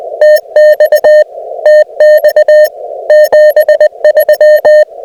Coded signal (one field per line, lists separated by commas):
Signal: Morse code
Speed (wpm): 20 wpm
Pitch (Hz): 610 Hz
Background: none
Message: TX TX 73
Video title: Cursed CW POTA Activation at Waveland State Historic Site using FT-891, ZM-2 and EFRW